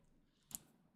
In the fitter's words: Locks into place.